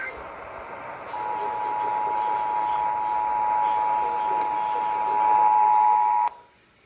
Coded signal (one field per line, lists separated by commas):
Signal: Emergency Alert System (SAME) tones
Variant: 853 and 960 Hz attention tone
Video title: [EAS #115-127] Absolute Chaos! Marine Madness of EAS alerts from 3/21/23!!